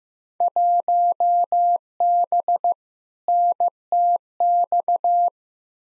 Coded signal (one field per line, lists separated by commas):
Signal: Morse code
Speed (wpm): 16 wpm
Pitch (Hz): 700 Hz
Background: none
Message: 1B NTX